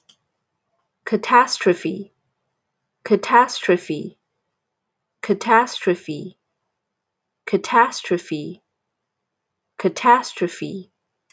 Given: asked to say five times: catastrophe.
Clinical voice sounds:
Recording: repeated word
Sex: female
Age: 20 to 29 years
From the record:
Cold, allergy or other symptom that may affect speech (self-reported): no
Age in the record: 24 years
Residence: Texas, United States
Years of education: 16

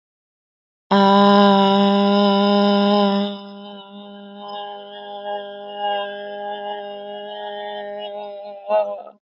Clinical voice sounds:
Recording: vowel held as long as possible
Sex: female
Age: 30 to 39 years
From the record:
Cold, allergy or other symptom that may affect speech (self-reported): no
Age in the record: 32 years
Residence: Delaware, United States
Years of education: 16

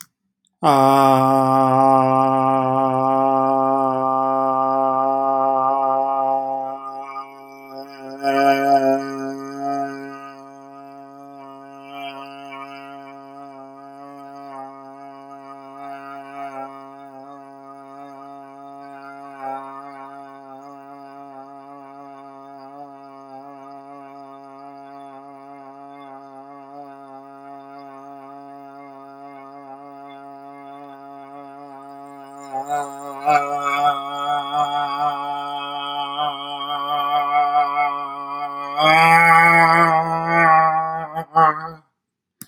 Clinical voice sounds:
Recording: vowel held as long as possible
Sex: male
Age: 30 to 39 years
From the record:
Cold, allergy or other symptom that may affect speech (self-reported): no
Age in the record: 39 years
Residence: California, United States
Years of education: 17

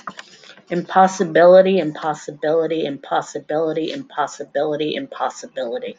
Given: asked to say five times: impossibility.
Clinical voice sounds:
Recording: repeated word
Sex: female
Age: 40 to 49 years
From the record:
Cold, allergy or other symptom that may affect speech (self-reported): no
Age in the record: 45 years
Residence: Pennsylvania, United States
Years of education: 17

